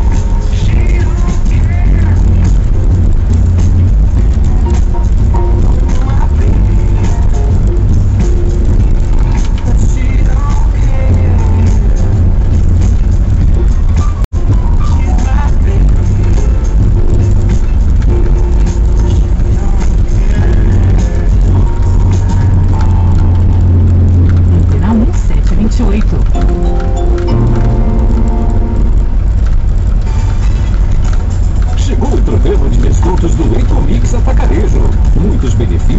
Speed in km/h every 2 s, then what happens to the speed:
24, 24, 24, 25, 24, 24, 24, 25, 25, 23, 20, 20, 21, 24, 24, 22, 24, 25.
0-36 steady at about 24.